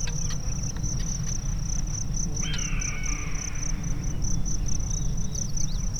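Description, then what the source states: Bird giving a single harsh, drawn-out call that slowly falls in pitch midway through, over a steady high-pitched insect trill and a constant low rumble. Sierra Nevada mountains, USA.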